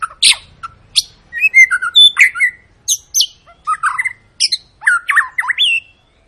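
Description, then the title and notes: White-rumped shama song: a rich run of varied whistles, slurred rising and falling notes and sharp high chips, delivered in quick bursts with short gaps. Long lure song of a singing white-rumped shama, played to prompt other birds to sing. "Pancingan Murai Batu Gacor Panjang. muraiku"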